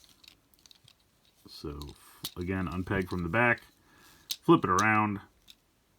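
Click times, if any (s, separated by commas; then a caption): none. A lower leg of a Studio Series Deluxe Class B-127 / Bumblebee plastic robot toy from Transformers One is unpegged from the back and flipped around while being transformed to vehicle mode, so that its tab can go into the upper leg socket. Faint light ticks come in the first second and another at 5.5 s as someone talks. Nothing has seated or clicked into place yet.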